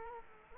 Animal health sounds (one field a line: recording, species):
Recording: mosquito wingbeat signal from an infrared sensor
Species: Culex quinquefasciatus